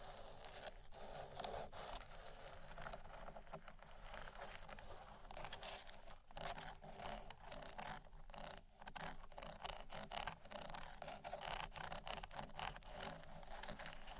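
Dense, continuous scratching and rubbing with quick tapping clicks throughout, bright and busy, with brief louder bursts around six and ten seconds.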